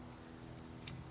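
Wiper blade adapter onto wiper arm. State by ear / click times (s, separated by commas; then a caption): not seated / none. A windshield wiper blade adapter is pushed onto the hook of the wiper arm, meant to lock in place, over a low steady hum with one faint, brief tap near 0.9 s. The blade has not clicked onto the arm yet.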